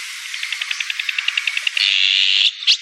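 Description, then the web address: Azure-winged magpie giving a quick run of many clipped, evenly spaced notes, then a harsh drawn-out rasp and a short final squawk. "sikioto. onaga"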